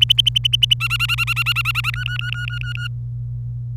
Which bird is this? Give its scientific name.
Serinus canaria